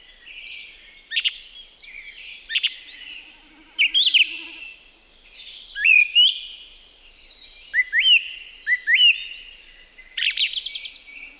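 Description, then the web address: Song thrush singing: short, clear phrases, several rising whistled notes repeated two or three times, mixed with scratchy high notes and brief pauses. "liigid plaat laulurastas"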